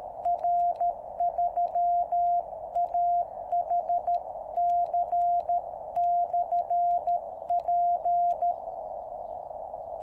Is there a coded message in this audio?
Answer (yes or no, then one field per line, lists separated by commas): yes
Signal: Morse code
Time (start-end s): 0.3-8.5 s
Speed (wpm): 13 wpm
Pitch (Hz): 700 Hz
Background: radio noise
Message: R3AHC/P